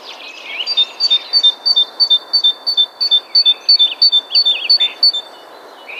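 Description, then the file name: Great tit delivering a steady string of high, bright paired notes, roughly three per second for five seconds, with other birds twittering softly beneath. "Parus major"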